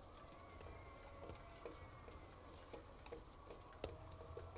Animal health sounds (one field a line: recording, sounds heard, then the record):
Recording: poultry house recording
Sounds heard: healthy chickens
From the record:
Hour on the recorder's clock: 8